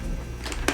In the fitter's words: here put the backside in, pops right